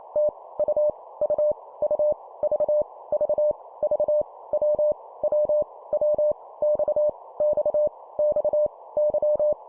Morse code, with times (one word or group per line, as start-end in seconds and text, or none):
0.2-0.3 T
0.6-0.9 U
1.2-1.5 U
1.8-2.1 U
2.4-2.8 V
3.1-3.5 V
3.8-4.2 V
4.5-4.9 W
5.2-5.6 W
5.9-6.3 W
6.6-7.1 X
7.4-7.9 X
8.2-8.7 X
9.0-9.5 Y